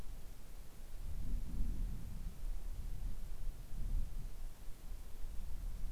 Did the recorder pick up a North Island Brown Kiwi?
no